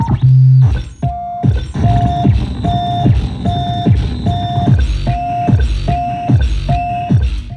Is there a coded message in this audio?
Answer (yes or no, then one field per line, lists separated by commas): no